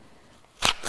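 A pistol fitted with a grip module is drawn out of a kydex holster, with quiet low background noise until a short, sharp click at 0.6 s as the retention lets go. The pistol releases cleanly and comes right out.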